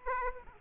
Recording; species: mosquito wingbeat signal from an infrared sensor; Aedes aegypti